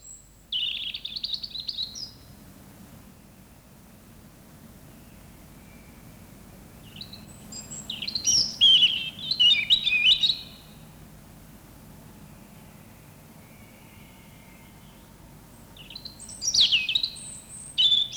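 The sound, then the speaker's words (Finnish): A European robin sings in three separate bursts, each opening with a few high, clear notes before tumbling into a lively, bubbling warble, over a steady low background hiss. “Itse laulu alkaa muutamalla korkealla sävelellä ja jatkuu pirteästi helmeillen.”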